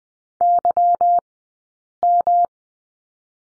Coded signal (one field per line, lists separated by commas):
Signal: Morse code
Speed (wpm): 20 wpm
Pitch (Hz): 700 Hz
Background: none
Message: YM